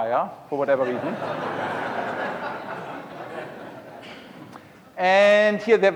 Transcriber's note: laughter